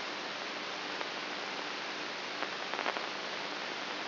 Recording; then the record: brain microelectrode recording played as sound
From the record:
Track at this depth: inside the subthalamic nucleus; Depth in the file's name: 5.84 mm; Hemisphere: right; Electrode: 3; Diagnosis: Parkinson's disease